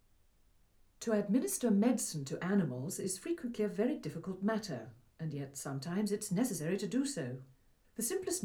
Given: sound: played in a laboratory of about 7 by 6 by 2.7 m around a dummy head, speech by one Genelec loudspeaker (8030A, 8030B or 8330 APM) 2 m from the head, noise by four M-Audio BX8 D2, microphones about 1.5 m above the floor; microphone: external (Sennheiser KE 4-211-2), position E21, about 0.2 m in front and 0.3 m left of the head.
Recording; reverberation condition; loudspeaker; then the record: female speech in English; low; 60 degrees to the right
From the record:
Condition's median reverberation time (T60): about 310 ms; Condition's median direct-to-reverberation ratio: about 3.5 dB